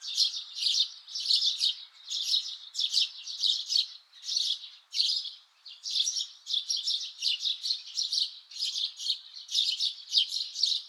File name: Passer montanus